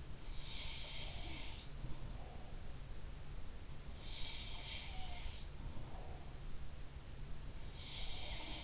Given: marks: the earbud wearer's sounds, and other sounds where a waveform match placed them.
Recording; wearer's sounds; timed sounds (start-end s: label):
sounds in sleep by an in-ear microphone; breath
0.49-1.91 s: sound from someone else or the room
2.10-2.92 s: breath
3.85-5.13 s: sound from someone else or the room
5.60-6.47 s: breath
7.79-8.64 s: sound from someone else or the room